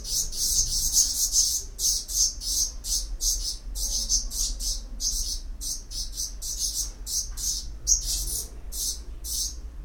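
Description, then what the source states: Black redstart producing rapid, high, hissing chirps, a few each second, in an uneven run throughout. Nesting in Isländische Straße, in wall niches and even on balconies; call described as rough and clipped, heard as 'hik tek tek'.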